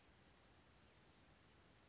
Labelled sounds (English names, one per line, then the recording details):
California Towhee
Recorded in Sonoma County, California